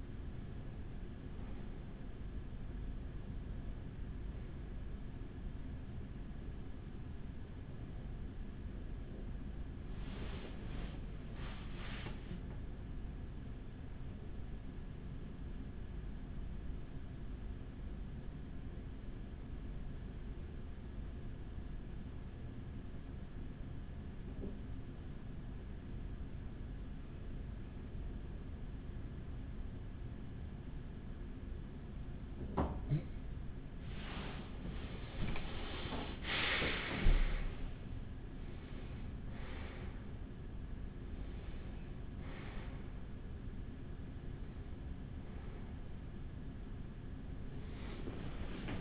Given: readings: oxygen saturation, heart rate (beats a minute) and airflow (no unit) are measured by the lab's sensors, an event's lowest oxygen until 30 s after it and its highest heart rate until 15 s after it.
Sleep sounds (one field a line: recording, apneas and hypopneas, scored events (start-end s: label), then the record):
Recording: breathing in sleep by a smartphone at the bedside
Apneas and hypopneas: 1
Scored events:
13.00-43.00 s: new sleep stage, N2 (light sleep)
19.00-35.70 s: hypopnea (N2, oxygen 95% highest, then 91% lowest, heart rate 52 at the start, 59 highest)
43.00-48.81 s: new sleep stage, awake
44.00-48.81 s: awake
From the record:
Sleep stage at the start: N1 (lightest sleep)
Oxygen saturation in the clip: 91 to 95%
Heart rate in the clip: 45 to 64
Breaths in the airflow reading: 11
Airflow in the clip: -17.5 to 13.6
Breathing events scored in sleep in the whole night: 207 in 7.6 hours asleep